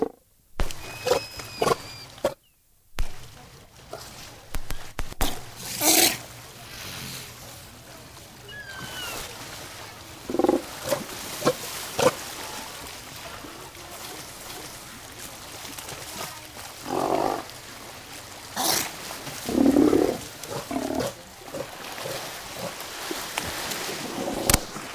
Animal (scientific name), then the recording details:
Otaria flavescens. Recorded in captivity. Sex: pair. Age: adult. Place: Tiergarten Heidelberg, Baden-Württemberg, DE. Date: 2000-09-27 16:00. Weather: overcast, 16 - 17°C. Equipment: Nagra SN, Kopie Uher 4000 Report Monitor. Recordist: Tembrock, Günter